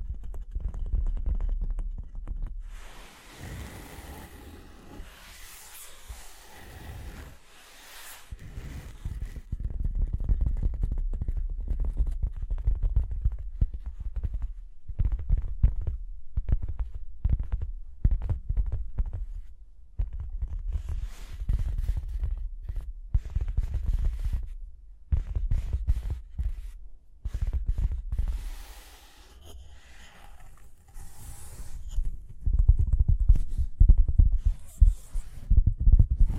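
Tapping and scratching, with a steady run of short, dull knocks and low thumps throughout. Rougher, hissing scratches come in bursts around 3–9 seconds and again near 29–33 seconds. The tapping is irregular, sometimes quick and clustered, sometimes sparse.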